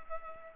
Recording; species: mosquito wingbeat signal from an infrared sensor; Culex pipiens